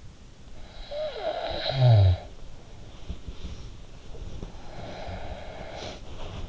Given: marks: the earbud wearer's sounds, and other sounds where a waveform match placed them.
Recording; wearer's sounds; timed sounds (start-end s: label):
sounds in sleep by an in-ear microphone; snoring breath, breath
0.44-2.90 s: snoring breath
2.67-5.96 s: breath
5.70-6.49 s: sound from someone else or the room